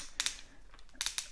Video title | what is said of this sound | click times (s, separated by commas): Dewalt DCD996 Cordless Drill Features and Bit Change | and you could hear it click | 0.2 s, 1.0 s, 1.2 s